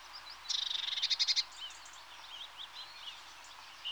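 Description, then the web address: Eurasian blue tit giving a rapid churring rattle, followed by soft high twittering notes. "BBC Sound Effects Library. Blue TIT (Parus Caeruleus)"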